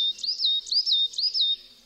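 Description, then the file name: Marsh tit calling with three quick high notes, each a bright flick followed by a short rippling whistle, evenly spaced about half a second apart. "SIKORA UBOGA"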